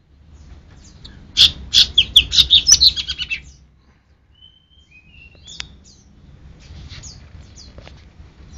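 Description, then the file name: Cucak rante song: a quick run of bright, chirpy high notes lasting about two seconds, then quiet with a few faint thin whistles and a low background hum. "cucak rante mas"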